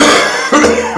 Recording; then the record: coughing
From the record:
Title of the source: Wet Throat Infection Cough